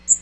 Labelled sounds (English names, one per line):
Magnolia Warbler flight call